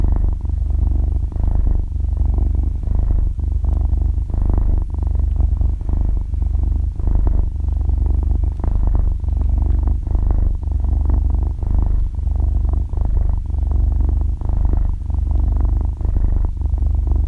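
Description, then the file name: Cat purring, a steady low rumble that swells in regular pulses with each breath, about every one and a half seconds, with no other sounds. Cat purring while breathing, described in Vietnamese as 'thở kêu rù rù'. "tieng meo tho keu ru ru"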